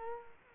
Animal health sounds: mosquito wingbeat signal from an infrared sensor; Culex quinquefasciatus

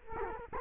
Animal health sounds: mosquito wingbeat signal from an infrared sensor; Culex quinquefasciatus

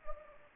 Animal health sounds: mosquito wingbeat signal from an infrared sensor; Anopheles arabiensis

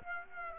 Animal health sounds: mosquito wingbeat signal from an infrared sensor; Aedes aegypti

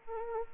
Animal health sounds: mosquito wingbeat signal from an infrared sensor; Anopheles arabiensis

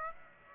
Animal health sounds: mosquito wingbeat signal from an infrared sensor; Aedes aegypti

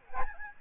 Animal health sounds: mosquito wingbeat signal from an infrared sensor; Aedes albopictus

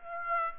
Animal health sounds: mosquito wingbeat signal from an infrared sensor; Aedes aegypti

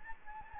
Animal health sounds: mosquito wingbeat signal from an infrared sensor; Anopheles gambiae

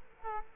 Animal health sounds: mosquito wingbeat signal from an infrared sensor; Culex quinquefasciatus

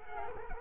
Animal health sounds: mosquito wingbeat signal from an infrared sensor; Culex quinquefasciatus

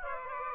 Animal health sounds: mosquito wingbeat signal from an infrared sensor; Aedes aegypti

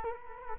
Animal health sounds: mosquito wingbeat signal from an infrared sensor; Culex quinquefasciatus

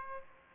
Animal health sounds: mosquito wingbeat signal from an infrared sensor; Aedes aegypti

